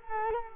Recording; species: mosquito wingbeat signal from an infrared sensor; Culex quinquefasciatus